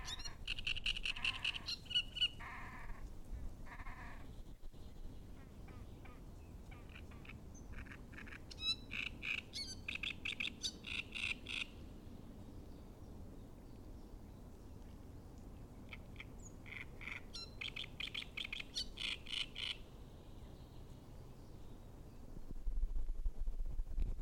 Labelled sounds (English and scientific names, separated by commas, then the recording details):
Great Reed Warbler (Acrocephalus arundinaceus)
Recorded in the wild
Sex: male
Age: adult
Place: Müggelsee, Berlin, DE
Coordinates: 52.44, 13.64
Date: 1991-05-12
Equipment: Uher 4400 Report Monitor, Sennheiser ME 80, K 30 AV
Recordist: Fischer, Stefan